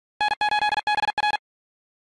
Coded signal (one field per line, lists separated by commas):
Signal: Morse code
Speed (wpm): 46 wpm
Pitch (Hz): 1700 Hz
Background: none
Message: N8BR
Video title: 15,359 point rufzxp